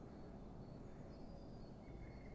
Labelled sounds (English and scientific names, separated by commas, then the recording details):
Eurasian Blue Tit (Cyanistes caeruleus)
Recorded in Germany
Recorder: ecoPi